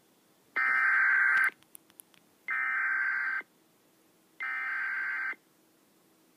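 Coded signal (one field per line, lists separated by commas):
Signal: Emergency Alert System (SAME) tones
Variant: header bursts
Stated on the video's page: SAME tones of a Flood Watch from the National Weather Service in Pittsburgh.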